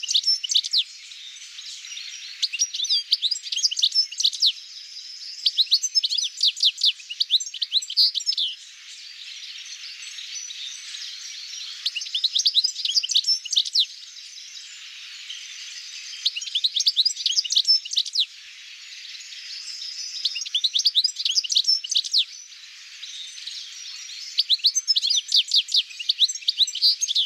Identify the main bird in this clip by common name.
European Goldfinch